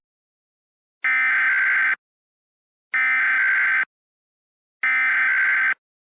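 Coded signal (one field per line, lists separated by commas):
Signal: Emergency Alert System (SAME) tones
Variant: header bursts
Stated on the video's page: Mock required monthly test with valid EAS tones, AI-generated voice, styled as an AT&T U-Verse message.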